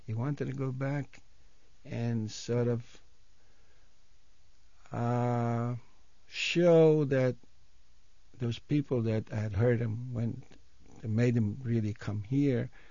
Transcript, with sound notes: He wanted to go back, and sort of (he pauses) show that those people that had hurt him, went, made him really come here,